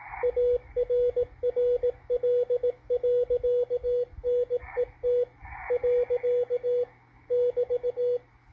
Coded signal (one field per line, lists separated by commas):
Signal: Morse code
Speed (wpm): 18 wpm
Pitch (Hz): 490 Hz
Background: radio noise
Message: ARRL.NET . <BT>